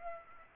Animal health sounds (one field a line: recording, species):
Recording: mosquito wingbeat signal from an infrared sensor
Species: Aedes aegypti